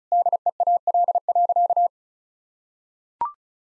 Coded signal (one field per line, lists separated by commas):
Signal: Morse code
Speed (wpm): 34 wpm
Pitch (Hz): 700 Hz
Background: none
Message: DEAL.